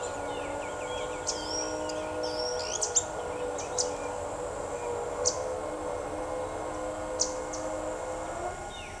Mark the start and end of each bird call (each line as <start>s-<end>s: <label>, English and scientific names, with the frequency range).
1.25s-9.00s: Pied Water Tyrant (Fluvicola pica) (3.5-9.0 kHz)
1.35s-2.53s: Ochre-lored Flatbill (Tolmomyias flaviventris) (4.4-5.9 kHz)
8.67s-8.95s: Black-chested Jay (Cyanocorax affinis) (1.6-3.8 kHz)